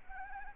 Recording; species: mosquito wingbeat signal from an infrared sensor; Anopheles arabiensis